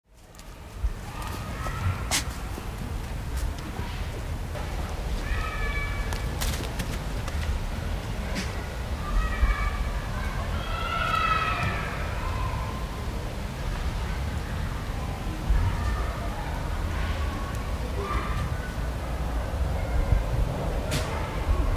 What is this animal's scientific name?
Dama dama